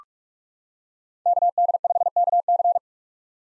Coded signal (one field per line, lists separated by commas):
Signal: Morse code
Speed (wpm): 46 wpm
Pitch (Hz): 700 Hz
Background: none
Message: KD5KC